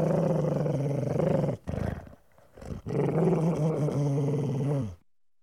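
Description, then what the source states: Dog giving a low, throaty growl in two long bouts separated by a short pause with a breathy intake, ending abruptly in silence. Vicious growling.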